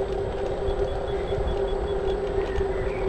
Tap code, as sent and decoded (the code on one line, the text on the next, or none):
none